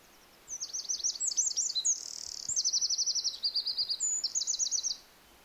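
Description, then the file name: Eurasian wren song, a loud, rapid, high run of sharp trills and buzzy rattles lasting about four and a half seconds, shifting between fast repeated note groups. "Troglodytes troglodytes"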